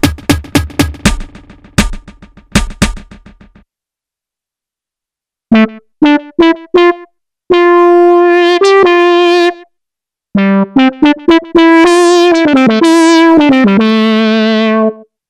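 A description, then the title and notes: Solo synth notes: rapid plucky stabs for the first few seconds, silence, then short staccato tones and held buzzy pitches that bend and warble. Some of my own XW-G1 Solo-synth sounds.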